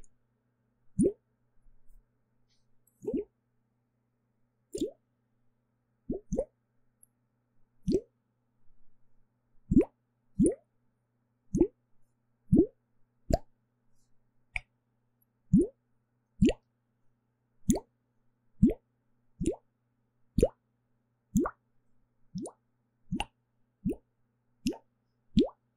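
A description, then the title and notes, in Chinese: Water sounds make a series of short, hollow plops, each one rising quickly in pitch like a drop falling into a filled vessel. They come about once a second, irregular at first and then steadier after ten seconds, over near silence. 水聲咕嚕咕嚕 | Relaxing Water Sounds | NoTalking。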